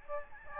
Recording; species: mosquito wingbeat signal from an infrared sensor; Aedes albopictus